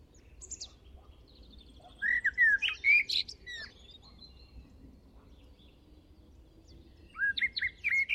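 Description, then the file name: Common blackbird song, with rich fluty whistles rising and falling and finishing in high squeaks; a second phrase starts after a few quiet seconds. "Turdus merula"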